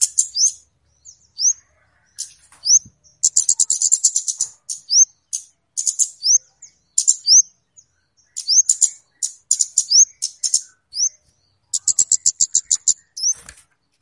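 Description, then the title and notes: Flowerpecker chirping in rapid, very high ticking bursts, many followed by a sharp upslurred whistle, with short silent gaps between. Clear recording used as a lure (pikat) for catching birds. "Kicau Burung Kemade ( Cabe Cabean) Jernih. Suara Burung Cabe Cabean Pikat"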